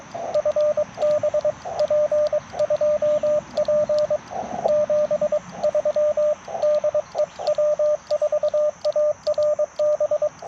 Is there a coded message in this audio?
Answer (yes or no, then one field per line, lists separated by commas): yes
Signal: Morse code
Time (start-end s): 0.3-10.3 s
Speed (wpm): 22 wpm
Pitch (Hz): 600 Hz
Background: radio noise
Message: FB P2P 73 DE W4ARB